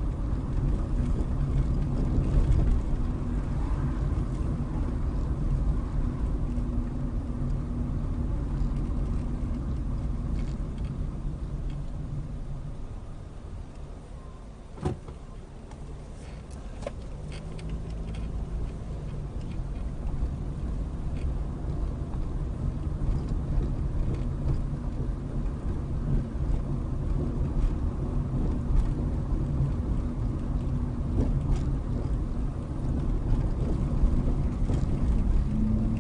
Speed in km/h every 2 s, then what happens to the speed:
27, 27, 27, 27, 24, 16, 8, 5, 8, 16, 21, 24, 26, 27, 27, 27, 27, 26.
0-7 steady at about 27. 7-13 brakes to 5. 13-22 speeds up to 24. 22-36 steady at about 27.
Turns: none.